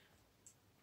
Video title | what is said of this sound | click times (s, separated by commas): I got another Gopro Hero 5! UNBOXING with Tanja Kappler and Samba Cat | you push down close click power | 0.5 s